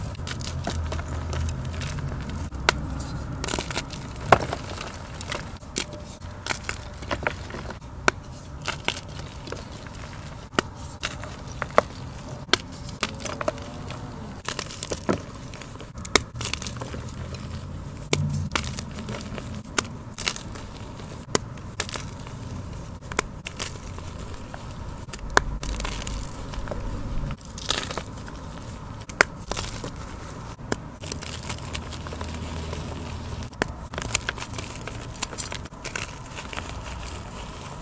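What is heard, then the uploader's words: Crushing and crinkling sounds, a dense run of small crackles and snaps that keep going for the whole clip without a break. Sharper pops stand out every second or two over a low, soft rumble, and the level stays even throughout. Audio only compilation of joolz asmr crushes.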